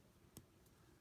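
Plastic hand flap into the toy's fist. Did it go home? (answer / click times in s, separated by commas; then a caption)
yes / 0.4 s. A plastic piece hanging off the back of a Transformers Power of the Primes Legends Class Dinobot Slash toy's hand is folded down into the bottom of the fist. A single sharp click sounds at 0.4 s as it snaps into place, and the piece is seated.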